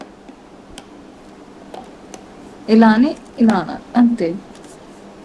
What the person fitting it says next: టక్ టక్ అని సౌండ్ వస్తుంది.